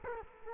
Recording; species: mosquito wingbeat signal from an infrared sensor; Culex quinquefasciatus